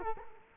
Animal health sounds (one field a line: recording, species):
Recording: mosquito wingbeat signal from an infrared sensor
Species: Culex quinquefasciatus